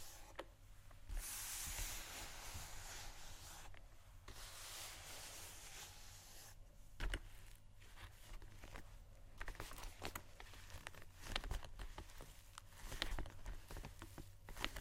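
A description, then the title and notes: Shoes scratch and tap across a hard surface in an irregular scatter of short scuffs and clicks throughout. A bright hissing scrape dominates the first few seconds, then sharper taps land around 7, 11 and 13 seconds over a steady low hum. ASMR Shoes Scratching & Tapping（No Talking）.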